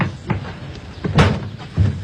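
A door swings shut with a solid thud, followed by a few more dull knocking impacts at uneven intervals over a low background rumble, with no voices. Someone has locked their keys inside and asks for the door to be opened.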